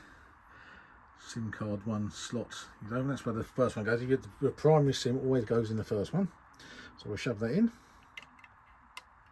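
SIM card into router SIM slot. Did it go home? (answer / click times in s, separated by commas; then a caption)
yes / 9.0 s. A primary SIM card is pushed into the first SIM slot of an Avtex AMR985 caravan WiFi router. Someone talks for most of the clip, then a few small clicks are heard at the end, with the SIM seating with a click at 9.0 seconds and confirmed in place.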